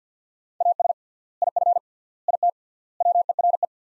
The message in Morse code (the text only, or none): AS IF IT WERE